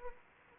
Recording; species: mosquito wingbeat signal from an infrared sensor; Anopheles arabiensis